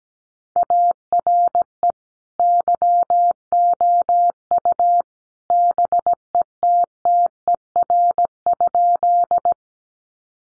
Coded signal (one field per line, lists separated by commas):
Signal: Morse code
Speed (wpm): 17 wpm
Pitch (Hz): 700 Hz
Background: none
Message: ARE YOU BETTER?